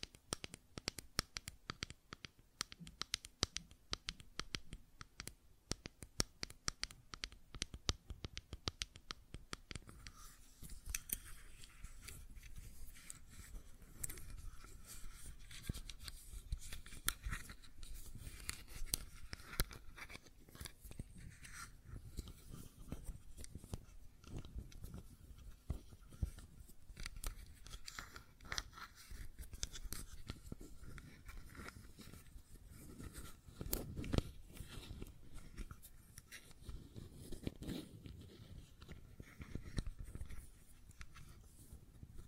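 Fidget cube tapping and clicking, a steady stream of sharp little clicks and taps throughout. The first ten seconds are busiest, with rapid bursts of clicks; afterward the taps come more unevenly, mixed with soft scratchy rubbing and a few duller knocks near the end.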